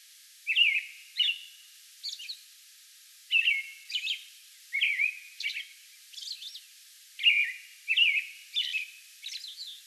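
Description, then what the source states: American robin song: whistled rising and falling phrases in small groups, punctuated by high squeaky notes, with brief pauses between bursts. Song bout on May 11.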